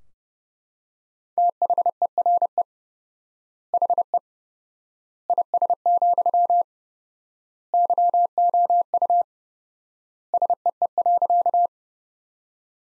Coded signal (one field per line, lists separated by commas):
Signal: Morse code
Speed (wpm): 30 wpm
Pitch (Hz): 700 Hz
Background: none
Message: THERE HE IS, YOU SEE.